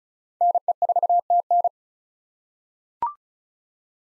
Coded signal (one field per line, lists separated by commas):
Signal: Morse code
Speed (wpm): 36 wpm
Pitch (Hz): 700 Hz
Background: none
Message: NE4TN